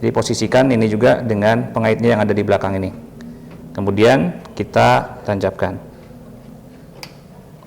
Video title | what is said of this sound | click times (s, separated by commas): perakitan pc | bunyi klik juga dia sudah terpasang dengan kuat | 7.0 s